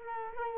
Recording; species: mosquito wingbeat signal from an infrared sensor; Culex quinquefasciatus